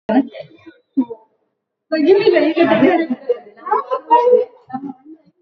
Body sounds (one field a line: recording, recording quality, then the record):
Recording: sustained vowel as in boot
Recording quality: poor, much background noise or distortion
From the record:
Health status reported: recovered from COVID-19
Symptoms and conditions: none ticked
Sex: female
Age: 36 years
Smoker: not ticked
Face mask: worn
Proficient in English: yes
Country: India